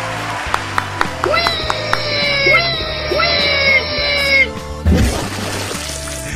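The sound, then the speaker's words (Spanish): A burst of crowd applause and cheering, mixed with a bouncy rhythmic music sting and rising whistle-like tones, ending in a brief noisy swell, played to applaud the day's contest winner on the radio show Alta Tarde. “Aplausos.”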